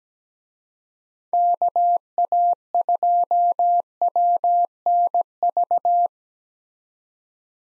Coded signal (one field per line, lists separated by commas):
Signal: Morse code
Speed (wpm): 17 wpm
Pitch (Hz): 700 Hz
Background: none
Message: KA2WNV